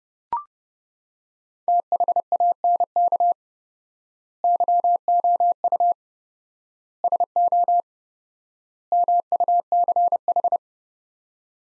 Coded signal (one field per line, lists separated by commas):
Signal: Morse code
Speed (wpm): 30 wpm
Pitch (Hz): 700 Hz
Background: none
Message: THANK YOU SO MUCH